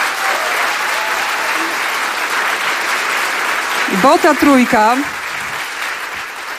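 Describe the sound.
Steady audience applause for Polish Radio's Program Trzeci (Trójka) on its 62nd birthday fills the whole stretch, a dense wash of clapping from many hands, while a voice briefly speaks over it near the end.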